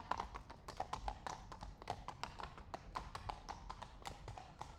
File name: Het stapvoets voorbijlopen van twee paarden op kasseien